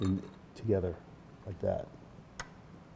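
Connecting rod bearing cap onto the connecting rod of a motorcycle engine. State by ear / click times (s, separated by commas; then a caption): seated / 2.4 s. Someone talks while a connecting rod bearing cap for a BMW Airhead motorcycle engine, during a Siebenrock Power Kit install, is held upright against a piece of wood and the steel connecting rod is pushed down onto it. The two halves snap together with a sharp tick at 2.4 s, and the cap is seated on the rod.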